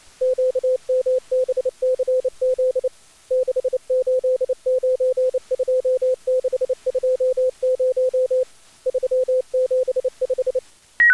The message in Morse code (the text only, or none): QMBCZ 6892620 375